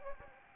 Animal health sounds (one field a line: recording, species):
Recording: mosquito wingbeat signal from an infrared sensor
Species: Anopheles gambiae